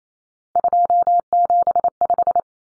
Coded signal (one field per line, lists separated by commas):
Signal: Morse code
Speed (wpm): 28 wpm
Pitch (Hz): 700 Hz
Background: none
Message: 275